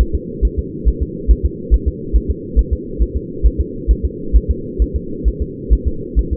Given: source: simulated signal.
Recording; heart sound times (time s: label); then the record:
fetal heart sounds
0.01 s: S1
0.15 s: S2
0.45 s: S1
0.59 s: S2
0.88 s: S1
1.03 s: S2
1.31 s: S1
1.45 s: S2
1.74 s: S1
1.88 s: S2
2.16 s: S1
2.31 s: S2
2.59 s: S1
2.73 s: S2
3.02 s: S1
3.17 s: S2
3.46 s: S1
3.61 s: S2
3.91 s: S1
4.05 s: S2
4.36 s: S1
4.51 s: S2
4.82 s: S1
4.96 s: S2
5.28 s: S1
5.42 s: S2
5.73 s: S1
5.88 s: S2
6.19 s: S1
6.33 s: S2
From the record:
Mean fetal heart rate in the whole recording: 135 bpm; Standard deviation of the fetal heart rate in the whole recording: 3 bpm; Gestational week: 34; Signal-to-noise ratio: -4.3 dB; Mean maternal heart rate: 72 bpm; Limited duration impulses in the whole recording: absent